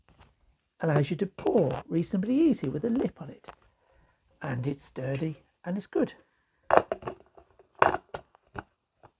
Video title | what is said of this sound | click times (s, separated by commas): Poorly designed food processors | it locks into place | 7.8 s